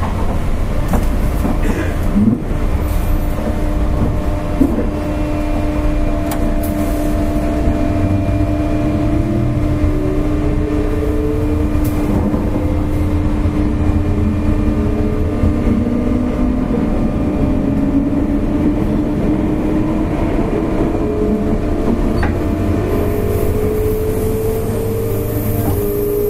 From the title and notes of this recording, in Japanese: JR201系電車 環状線内回り 大阪から天王寺まで。JR201系電車の走行音です。環状線 内回り列車にて収録。